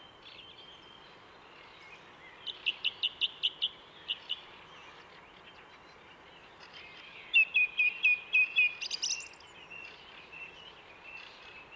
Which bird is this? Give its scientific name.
Turdus philomelos